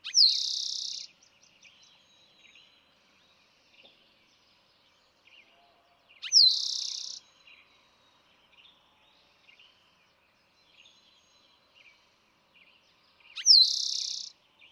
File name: Eastern Towhee